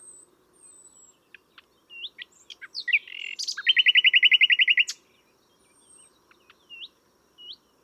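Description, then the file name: Common nightingale singing: a few short notes build into a loud, fast, evenly repeated throbbing series lasting over a second, then thin upward whistles. "Luscinia megarhynchos"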